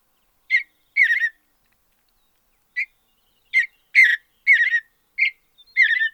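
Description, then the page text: Mountain bluebird song: short, burry warbled notes in irregular bursts, some single and some in quick pairs, with brief pauses between them. "Andrew Spencer - Голубая сиалия (Sialia currucoides)"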